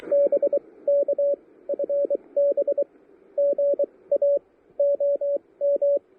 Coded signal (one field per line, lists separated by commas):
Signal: Morse code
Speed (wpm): 23 wpm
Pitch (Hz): 570 Hz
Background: radio noise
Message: BK FB GA OM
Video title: Pairing the Elecraft KH1 and an End-Fed Half-Wave for QRP POTA at Pisgah National Forest!